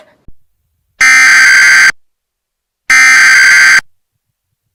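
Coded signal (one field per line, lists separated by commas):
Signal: Emergency Alert System (SAME) tones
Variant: header bursts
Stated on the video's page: EAS Amber Alert.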